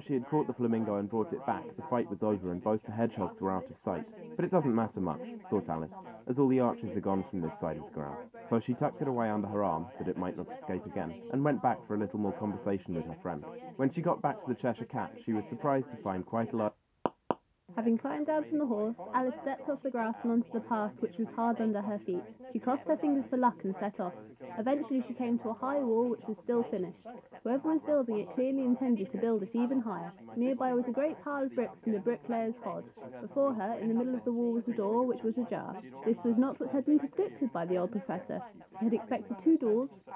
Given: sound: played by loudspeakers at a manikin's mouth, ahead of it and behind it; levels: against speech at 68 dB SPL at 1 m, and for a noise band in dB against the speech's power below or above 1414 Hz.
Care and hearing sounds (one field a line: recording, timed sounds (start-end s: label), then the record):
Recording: test signals for a remote microphone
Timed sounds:
0.00-16.68 s: man speaking, babble ahead at +6 dB SNR for speech at 1 m
17.06 s: click
17.31 s: click
17.68-40.16 s: woman speaking, babble ahead at +6 dB SNR for speech at 1 m
From the record:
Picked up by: measurement microphone